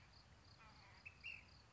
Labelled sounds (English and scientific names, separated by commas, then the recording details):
Ash-throated Flycatcher (Myiarchus cinerascens)
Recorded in Sonoma County, California